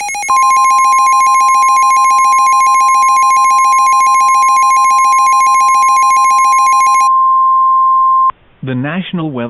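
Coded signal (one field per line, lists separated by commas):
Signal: Emergency Alert System (SAME) tones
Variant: 1050 Hz attention tone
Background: speech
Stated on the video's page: Reenactment mock EAS with valid tones for Special Marine Warnings from the National Weather Service.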